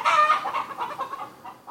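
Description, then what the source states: Chicken clucking, a loud throaty cluck at the start followed by softer, fading clucks in quick succession. Chickens in a flock with a pecking order, or dominance hierarchy, running from alpha to omega.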